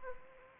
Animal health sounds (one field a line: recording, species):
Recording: mosquito wingbeat signal from an infrared sensor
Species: Anopheles arabiensis